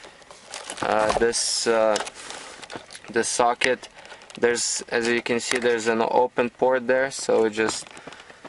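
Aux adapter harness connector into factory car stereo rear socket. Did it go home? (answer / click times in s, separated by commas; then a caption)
no / none. A plastic harness connector from an iPhone, iPod and AUX adapter car kit is handled near the open port on the back of the factory stereo of a 2003–2008 Nissan Murano while someone talks. Soft crinkling and brief handling ticks are heard over the speech. Nothing has seated or clicked into the port yet.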